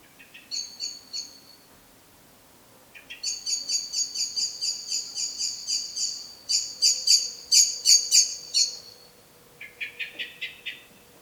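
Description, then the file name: Common blackbird rattling call: high, sharp notes fired in quick trains, one long run swelling louder, then a shorter lower burst. "Turdus merula"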